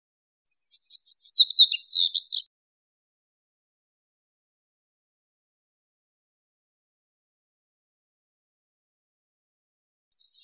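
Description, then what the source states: Indigo bunting song: a two-second burst of paired, high, sharp notes, a long silence, and the next song beginning at the very end. Recorded 22 July 2001.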